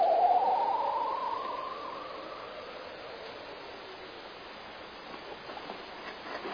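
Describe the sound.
Bearded seal trill, a warbling whistle that starts loud, slowly sweeps upward and fades over several seconds.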